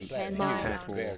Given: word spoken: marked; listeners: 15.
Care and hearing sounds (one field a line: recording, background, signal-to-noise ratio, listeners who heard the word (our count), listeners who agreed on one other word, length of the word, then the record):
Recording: one English word in noise, from a listening test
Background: four-talker babble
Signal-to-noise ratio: -2.0 dB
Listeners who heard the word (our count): 0 of 15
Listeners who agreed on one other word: 9 of 15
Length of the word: 0.78 s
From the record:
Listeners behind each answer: 9, 1, 1, 1, 1, 1, 1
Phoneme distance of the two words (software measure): 10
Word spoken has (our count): 1 syllable, 4 phonemes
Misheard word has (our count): 1 syllable, 4 phonemes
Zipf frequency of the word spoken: 4.25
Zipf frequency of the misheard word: 4.53